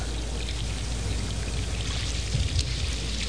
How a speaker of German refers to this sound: Schwimmen Sie immer so in diesem eiskalten Wasser rum? So ist es am schönsten. Kein Atemgerät? Und das alles in dieser irrsinnigen Nacht und Kälte hier?